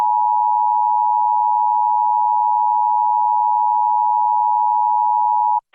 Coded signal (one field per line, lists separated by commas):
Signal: Emergency Alert System (SAME) tones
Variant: 853 and 960 Hz attention tone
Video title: EAS Reenactment Mock: Severe Thunderstorm near Canyon Lake - JUL 31, 2020